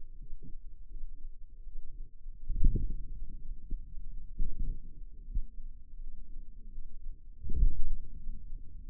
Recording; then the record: forearm muscle sounds (acoustic myography)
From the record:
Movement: ulnar deviation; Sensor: system 2, bracelet of six BSWA MPA416 microphones around the upper forearm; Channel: 4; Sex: female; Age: 23 years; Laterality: right